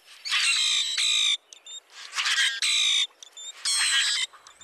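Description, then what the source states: Common grackle song: harsh, metallic, squeaky bursts with a grating, mechanical quality, in several phrases separated by softer squeaks. Song sounds almost mechanical and metallic.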